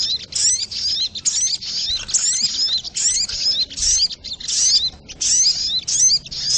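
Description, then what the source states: Spiderhunter song as a near-continuous stream of high, squeaky twitters and slurred whistles in short bursts with only brief breaks. Training recording (masteran) of a sogok ontong bird, song style called labaik.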